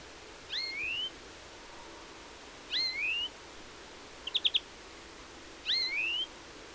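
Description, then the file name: European greenfinch calls: three pairs of rising, whistled upslurred notes, plus one quick four-note trill, spread over about six seconds. "Chloris chloris"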